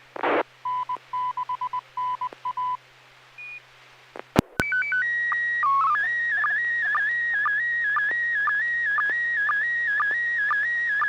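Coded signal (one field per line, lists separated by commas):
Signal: SSTV (slow-scan television)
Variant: PD120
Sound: static burst, several short beeps, clicks, then a warbling whistle with regular low blips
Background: radio static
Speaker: decided to do a radio picture tonight instead of a car picture.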